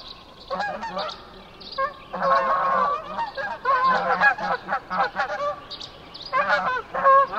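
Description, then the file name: Canada goose honking loudly in bursts, several geese calling together in harsh nasal honks with short pauses between volleys. Recorded 19 May 2007 at 04:55. "070519-0455 can-geese"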